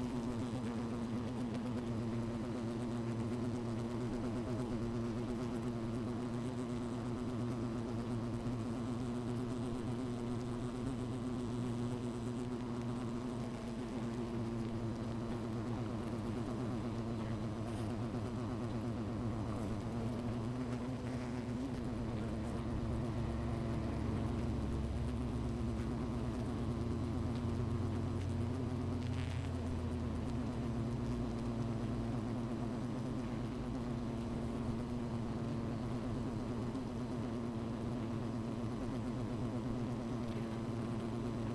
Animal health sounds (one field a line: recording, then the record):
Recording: honeybee colony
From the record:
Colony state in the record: missing queen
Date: 14 July 2017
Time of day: 13:48